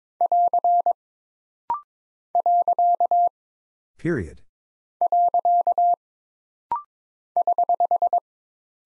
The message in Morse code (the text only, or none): <AR> . . <HH>